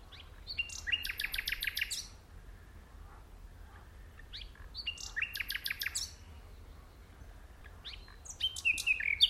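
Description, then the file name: Common nightingale delivering three loud phrases of rapid clicking trills and whistles, separated by quieter gaps. "Luscinia megarhynchos"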